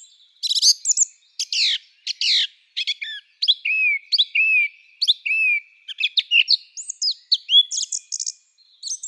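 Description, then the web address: Song thrush song: varied phrases of fluty and squeaky notes, with a slurred whistle repeated a few times. "Schulze Peter Song Thrush song"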